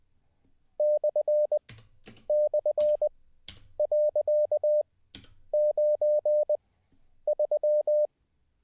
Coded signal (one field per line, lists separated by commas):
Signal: Morse code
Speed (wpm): 20 wpm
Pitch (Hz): 600 Hz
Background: none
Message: //.93